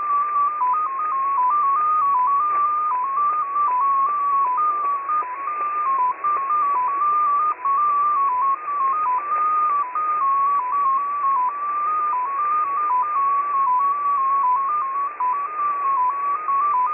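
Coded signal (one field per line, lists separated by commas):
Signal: multi-tone FSK (Olivia or MFSK type)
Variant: XPA2, 14-tone MFSK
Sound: a single beeping tone hopping rapidly between nearby pitches, like a slow melodic warble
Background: radio static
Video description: XPA2 is a digital mode of the Russian 7 operator. It utilizes a custom 14-tone MFSK system.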